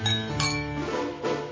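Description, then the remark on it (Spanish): Glasses clink together in a toast, bright ringing tones that linger and shimmer, with a second strike near the end. No voices are heard. “Propongo un brindis por la nueva Universidad San Gregorio.”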